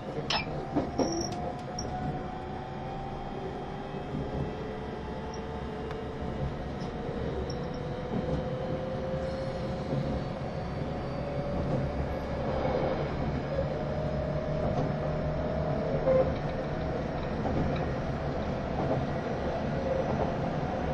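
A train runs steadily with a deep rumbling roar, thin whining tones gliding up and down, and a few sharp clanks early on.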